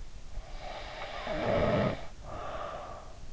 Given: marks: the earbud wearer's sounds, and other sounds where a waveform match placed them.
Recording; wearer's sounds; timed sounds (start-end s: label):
sounds in sleep by an in-ear microphone; snoring breath
0.44-3.22 s: snoring breath